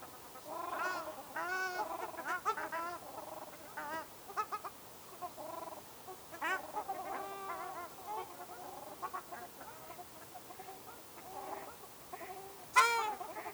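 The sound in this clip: Ruddy shelduck honking calls: nasal, harmonic 'aang' notes, often overlapping in uneven bursts, with a sharper louder call near the end.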